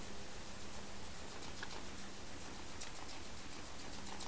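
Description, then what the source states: Sperm whale clicks, a few faint ticks early then a denser run of sharp taps in the second half, over steady low rumble and humming tone. Recorded underwater by hydrophone in the Strait of Georgia on 27 March 2018 around 19:17 UTC.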